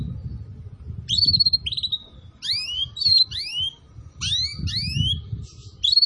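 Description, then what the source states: Atlantic canary calling with rising whistled notes and brief trills in clusters, separated by short pauses, over a constant low rumble. Canary, called kenari, recording used as a lure for bird-trapping (pikat).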